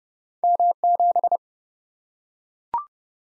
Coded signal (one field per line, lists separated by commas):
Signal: Morse code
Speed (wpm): 30 wpm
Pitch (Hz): 700 Hz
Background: none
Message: M7